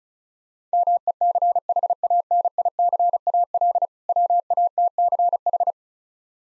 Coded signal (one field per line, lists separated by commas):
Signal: Morse code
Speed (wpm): 36 wpm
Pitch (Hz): 700 Hz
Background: none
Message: MECHANICAL WATCH